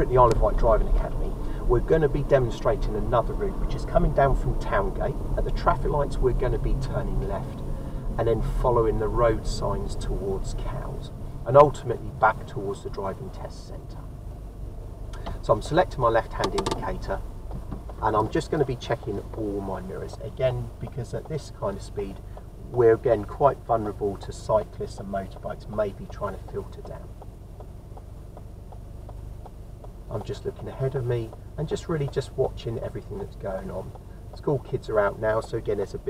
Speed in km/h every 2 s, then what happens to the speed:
31, 29, 29, 27, 27, 21, 16, 13, 8, 3, 2, 2, 2, 0, 0, 0, 0, 0.
0-8 steady at about 29. 8-21 slows to 2. 21-36 standing.